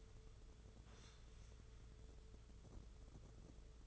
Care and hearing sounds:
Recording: daily activity, microphone in the room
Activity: sit down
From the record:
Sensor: 4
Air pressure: 995.4 hPa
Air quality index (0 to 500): 218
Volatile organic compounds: 274 ppm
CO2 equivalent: 4422 ppm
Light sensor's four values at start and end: 19/50/20/24 and 20/51/20/24

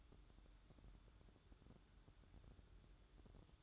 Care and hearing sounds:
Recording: daily activity, microphone in the room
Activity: take from stove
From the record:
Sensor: 3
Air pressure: 1008.0 hPa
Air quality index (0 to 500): 120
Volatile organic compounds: 2 ppm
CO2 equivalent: 994 ppm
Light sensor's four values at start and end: 9/21/8/8 and 9/21/8/8

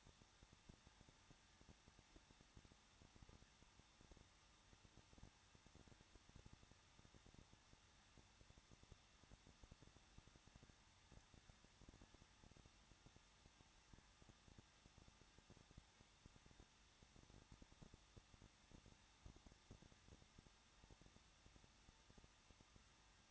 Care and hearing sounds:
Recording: daily activity, microphone in the room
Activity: no activity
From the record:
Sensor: 3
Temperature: 21.2 degrees Celsius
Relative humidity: 36.3%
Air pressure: 1006.3 hPa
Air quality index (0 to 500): 221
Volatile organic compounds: 40 ppm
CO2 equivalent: 3151 ppm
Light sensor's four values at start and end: 2/3/2/2 and 2/3/2/2

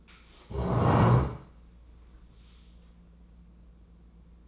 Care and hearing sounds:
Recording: daily activity, microphone in the room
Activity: stand up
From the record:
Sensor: 1

